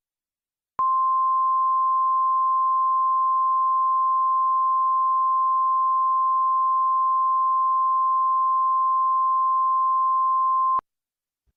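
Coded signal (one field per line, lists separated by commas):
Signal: Emergency Alert System (SAME) tones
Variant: 1050 Hz attention tone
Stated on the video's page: Fake, fictional EAS scenario made for entertainment.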